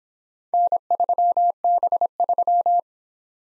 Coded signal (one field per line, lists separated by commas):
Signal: Morse code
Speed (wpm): 26 wpm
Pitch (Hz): 700 Hz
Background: none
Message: N3B3